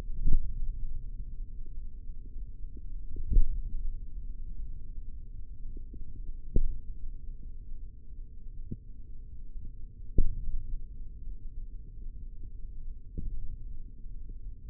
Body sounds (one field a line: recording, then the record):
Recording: forearm muscle sounds (acoustic myography)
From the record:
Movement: hand opening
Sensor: system 3, bracelet of six PUI Audio POM-2738L microphones around the upper forearm, with dedicated amplification and filtering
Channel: 3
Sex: male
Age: 25 years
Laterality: right